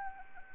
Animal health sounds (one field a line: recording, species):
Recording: mosquito wingbeat signal from an infrared sensor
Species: Anopheles arabiensis